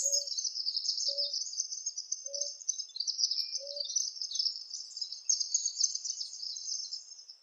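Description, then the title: Palm tanager twittering in a steady high-pitched squeaky chatter, while a low soft hoot repeats about four times in the first four seconds. "Sanhaçu-do-coqueiro (Tangara palmarum)"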